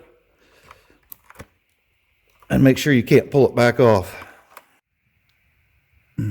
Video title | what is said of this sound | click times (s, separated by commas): Jeep JLUR Diesel Banks Derringer Install | again push on them until they click and | 1.1 s